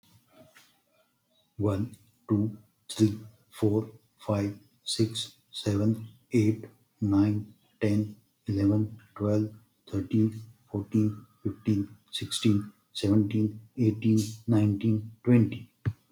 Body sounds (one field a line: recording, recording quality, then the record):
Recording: counting at a normal pace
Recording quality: excellent, no background noise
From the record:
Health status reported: healthy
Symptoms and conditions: cold, hypertension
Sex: male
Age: 50 years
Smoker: not ticked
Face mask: not worn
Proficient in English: yes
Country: India